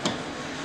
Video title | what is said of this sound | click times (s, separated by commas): How to change flat tyre of suv -xuv500- | इसको fully tight करो और ये टक की आवाज़ आएगी जिससे आपको पता लग सकता है | 0.1 s